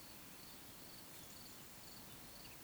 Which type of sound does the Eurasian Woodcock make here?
whistle